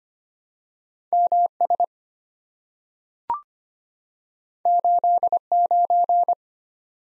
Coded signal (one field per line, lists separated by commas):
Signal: Morse code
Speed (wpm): 25 wpm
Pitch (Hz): 700 Hz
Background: none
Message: MS 89